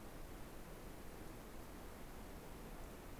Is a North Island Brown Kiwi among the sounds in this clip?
no